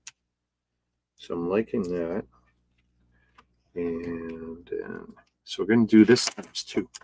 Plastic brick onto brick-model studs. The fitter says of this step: and see very satisfying snap snap